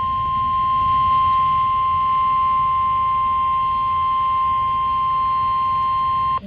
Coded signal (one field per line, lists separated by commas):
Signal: Emergency Alert System (SAME) tones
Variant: 1050 Hz attention tone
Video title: 7/2/23 | 2x NWS Birmingham Severe Thunderstorm Warning on KIH58 [EAS #834-835]